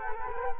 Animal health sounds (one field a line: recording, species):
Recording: mosquito wingbeat signal from an infrared sensor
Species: Culex quinquefasciatus